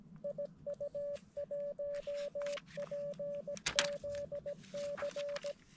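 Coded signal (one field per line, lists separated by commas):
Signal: Morse code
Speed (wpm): 17 wpm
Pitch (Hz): 580 Hz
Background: none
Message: IU1PZC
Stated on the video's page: QRP radio activity at a mountain bivouac.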